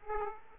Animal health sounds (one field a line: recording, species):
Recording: mosquito wingbeat signal from an infrared sensor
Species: Aedes aegypti